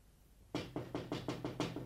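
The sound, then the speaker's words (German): A rapid, even series of about seven sharp knocks on a window, each crisp and equally loud, following a brief quiet moment with no voices. “Es klopft ans Fenster.”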